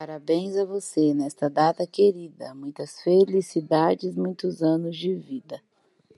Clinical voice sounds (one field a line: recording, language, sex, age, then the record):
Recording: short text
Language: Brazilian Portuguese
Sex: female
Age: 30 to 39 years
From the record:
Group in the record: control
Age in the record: 35 years